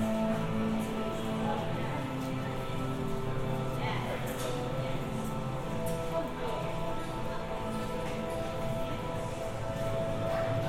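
A collage of binaural field recordings: a dense, steady wash of layered murmur and hum with sustained tones and occasional brief bright clicks.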